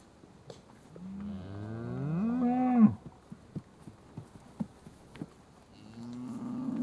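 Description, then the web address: Cattle mooing: a long, rising bellow lasting about two seconds, then a series of sharp knocks and clatters, with another low moo starting near the end. South Devon suckling herd being fed. "BBC Sound Effects Library. Douth Devon Suckling Herd"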